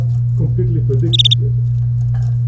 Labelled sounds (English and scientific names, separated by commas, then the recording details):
Domestic Canary (Serinus canaria) song
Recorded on 30 April 2018 at 13:24
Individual llb3